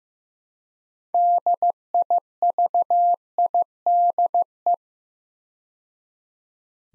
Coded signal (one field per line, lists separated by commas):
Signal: Morse code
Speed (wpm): 15 wpm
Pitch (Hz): 700 Hz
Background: none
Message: DIVIDE